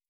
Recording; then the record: hydrophone in a shrimp aquaculture tank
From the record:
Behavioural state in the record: starved